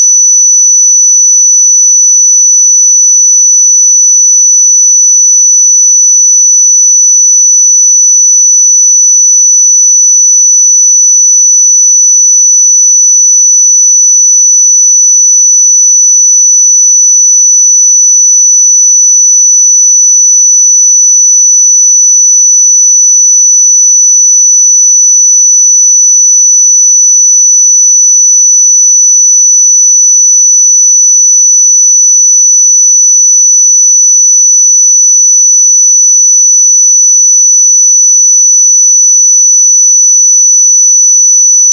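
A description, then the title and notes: A pure 5962 Hz sine tone holds perfectly steady and bright at constant loudness for the whole clip, with nothing else audible. 5962 Hz 1 Hz Interval Sine Pure Tone Frequency 441000 Sample Mono.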